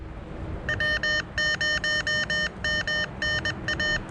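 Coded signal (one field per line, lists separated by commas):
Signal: Morse code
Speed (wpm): 21 wpm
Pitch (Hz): 1800 Hz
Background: music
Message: W0MNA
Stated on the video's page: Summits on the Air activation with Xiegu G-106 and Elecraft KH1 radios, on a peak with commercial communication towers, testing for interference.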